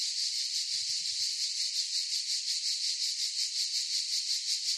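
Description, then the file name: A chorus of cicadas gives a loud high buzzing hum with fast regular pulses, plus a few soft low knocks near the start. Cicadas in a forest chorus. "gain walkers CICADAS Forest Chorus"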